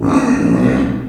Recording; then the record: squeal of a Yucatan mini pig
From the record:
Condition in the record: after surgery on the right vocal fold (resection and tissue-engineered implant); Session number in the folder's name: 3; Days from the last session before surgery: 21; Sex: female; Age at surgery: 19 weeks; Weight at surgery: 25 kg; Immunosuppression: prednisolone